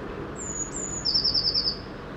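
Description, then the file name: Eurasian blue tit singing one phrase: a pair of high, thin whistled notes followed by a quick, lower trill, with soft background noise. "Cyanistes caeruleus"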